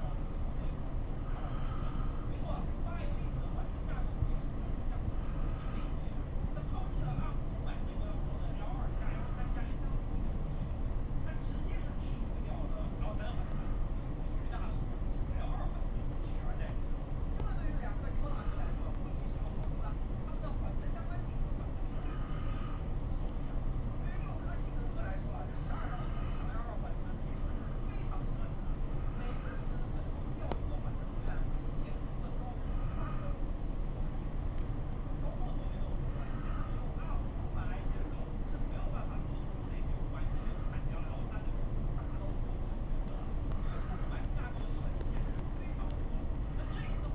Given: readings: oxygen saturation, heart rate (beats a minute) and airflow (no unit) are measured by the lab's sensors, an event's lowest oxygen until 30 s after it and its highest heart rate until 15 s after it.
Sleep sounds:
a person awake in a sleep study, by a smartphone at the bedside; none
0.00-47.15 s: awake
From the record:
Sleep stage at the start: awake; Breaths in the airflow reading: 24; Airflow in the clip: -0.8 to 0.5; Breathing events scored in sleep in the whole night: 403 in 5.5 hours asleep

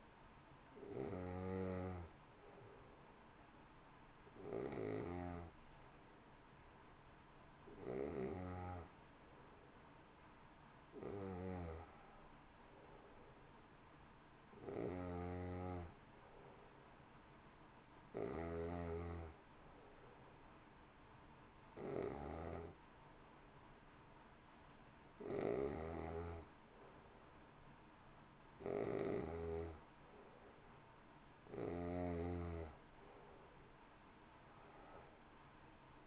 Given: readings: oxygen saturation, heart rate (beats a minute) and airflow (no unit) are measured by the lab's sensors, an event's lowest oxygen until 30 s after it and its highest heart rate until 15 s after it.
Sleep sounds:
breathing in sleep by a voice recorder at the bedside; 1
3.00-28.60 s: hypopnea (N2, oxygen 93% highest, then 90% lowest, heart rate 60 at the start, 65 highest)
From the record:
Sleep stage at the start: N2 (light sleep); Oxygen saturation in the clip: 88 to 93%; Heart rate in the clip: 52 to 63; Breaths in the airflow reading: 11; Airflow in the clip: -1.3 to 2.7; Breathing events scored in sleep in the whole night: 328 in 6.3 hours asleep

